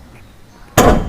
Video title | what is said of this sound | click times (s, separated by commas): Hyundai Eon Review in Bengali Should you buy it in 2021 as a second hand car. | এই যে click সাউন্ডটা হলো, তার মানে বেটা খুলে গেছে। | 0.8 s